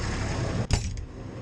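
With its drooping part held up, a latch on a vehicle door or cover is closed and catches, giving a sharp click at 0.7 s and a fainter click at 1.0 s over steady low background noise. The latch seats this way, but it comes open again with the slightest pressure.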